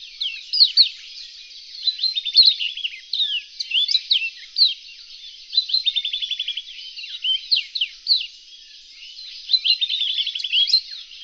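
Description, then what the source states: Reunion olive white-eye song: bright high chirps mixed with short rapid buzzy trills, delivered in lively bursts throughout. Song (kicau).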